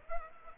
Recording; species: mosquito wingbeat signal from an infrared sensor; Aedes aegypti